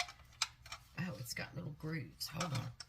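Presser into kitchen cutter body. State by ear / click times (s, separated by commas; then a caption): not seated / none. The presser part of a kitchen vegetable cutter is handled against the cutter body and lined up along its grooves, with brief ticks of plastic handling heard while someone talks. Nothing has seated or clicked into place yet.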